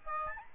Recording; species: mosquito wingbeat signal from an infrared sensor; Aedes albopictus